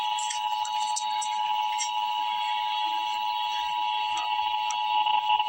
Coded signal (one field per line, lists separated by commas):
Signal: Emergency Alert System (SAME) tones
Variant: 853 and 960 Hz attention tone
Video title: Emergency Alert System - Snow Squall Warning - Jan 27, 2026 at 3:07 PM EST